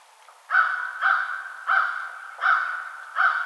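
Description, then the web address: American crow giving a steady run of five loud, raspy caws. Recorded on 21 March 2007. "American Crow 2007 03 21"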